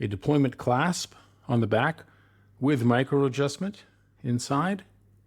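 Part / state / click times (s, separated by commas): steel deployment clasp on a watch bracelet / not seated / none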